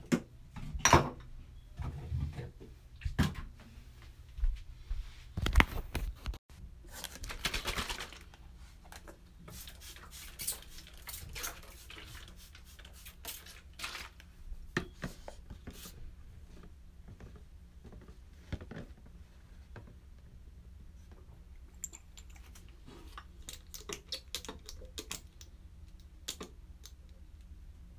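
Someone taking a shower, with a low steady hum under scattered clatters, taps and rustles. The first eight seconds are busiest, with loud knocks around two, five and seven seconds, then quieter splashes and bumps come sporadically, thickening again near twenty-five seconds.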